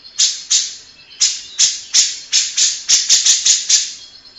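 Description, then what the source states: Grey-cheeked bulbul with spaced, scratchy notes that quicken into a tighter burst of rasping calls. Long-duration recording made for training cage birds (masteran).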